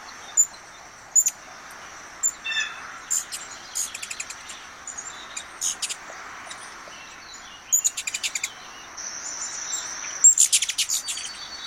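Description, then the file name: Ruby-throated hummingbird calling in short scattered groups of thin, high ticks, ending with a louder rapid chatter, against a constant high-pitched insect drone. "Canto do beija flor da garganta vermelha"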